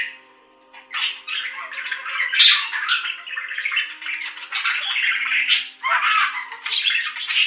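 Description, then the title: Budgerigar warbling chatter starting after a second of quiet, then running on in continuous buzzy, squeaky phrases. "Budgie Sounds"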